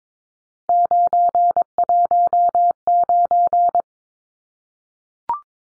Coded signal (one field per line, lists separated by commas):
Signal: Morse code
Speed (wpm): 22 wpm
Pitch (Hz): 700 Hz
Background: none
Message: 919